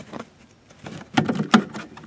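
A plastic bulb-holder board is pushed back into the rear tail light housing of a VAZ 2114/2115 car. After some soft rustling and sharp knocks around 1.2 and 1.3 seconds, the latch snaps in with a crisp click at 1.5 seconds, and the holder is seated.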